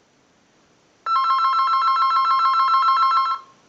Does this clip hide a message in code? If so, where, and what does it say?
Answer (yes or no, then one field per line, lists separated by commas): no